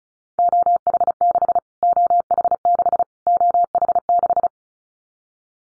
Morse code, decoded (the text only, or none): OH6 OH6 OH6